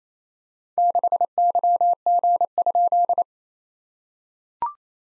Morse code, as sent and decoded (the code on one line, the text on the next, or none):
-.... -.-- --. ..--..
6YG?